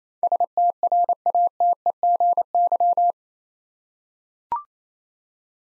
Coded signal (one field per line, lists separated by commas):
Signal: Morse code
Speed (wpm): 28 wpm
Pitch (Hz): 700 Hz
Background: none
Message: STRATEGY